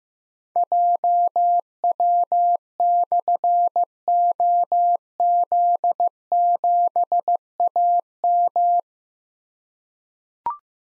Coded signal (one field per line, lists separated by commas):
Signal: Morse code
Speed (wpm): 15 wpm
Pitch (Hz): 700 Hz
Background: none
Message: JW/OZ7AM